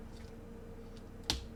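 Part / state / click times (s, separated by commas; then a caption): plastic clip on a transforming robot figure engaging its mating tab / seated / 1.3 s. During a transformation of a Transformer robot figure, a plastic part that was pulled down is pressed back up so its plastic clip engages the mating tab. After a quiet stretch, a single sharp snap is heard at 1.3 s as the clip snaps shut and the catch is fastened.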